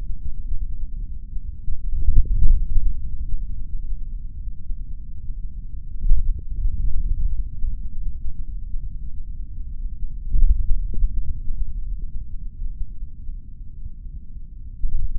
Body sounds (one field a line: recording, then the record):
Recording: forearm muscle sounds (acoustic myography)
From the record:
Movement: index flexion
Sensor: system 3, bracelet of six PUI Audio POM-2738L microphones around the upper forearm, with dedicated amplification and filtering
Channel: 1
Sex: male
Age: 26 years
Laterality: right